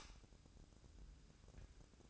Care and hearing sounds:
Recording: daily activity, microphone in the room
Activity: light off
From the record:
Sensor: 2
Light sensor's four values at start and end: 7/17/7/7 and 7/17/7/7

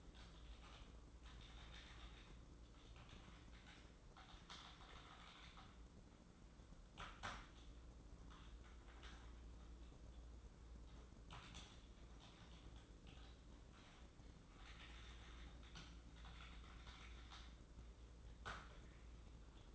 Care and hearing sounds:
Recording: daily activity, microphone in the room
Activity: typing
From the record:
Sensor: 3

